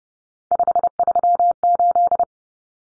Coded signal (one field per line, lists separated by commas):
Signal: Morse code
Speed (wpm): 30 wpm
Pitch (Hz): 700 Hz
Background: none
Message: 538